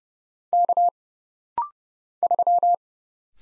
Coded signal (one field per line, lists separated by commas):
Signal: Morse code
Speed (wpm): 29 wpm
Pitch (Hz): 700 Hz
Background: none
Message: K 3